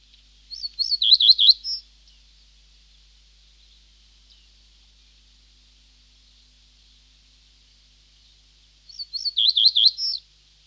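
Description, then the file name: Reed bunting song: a short, high phrase of a few wavering, slurred notes lasting about a second, heard twice around eight seconds apart, with quiet pauses between. "Reed Bunting (Emberiza schoeniclus)"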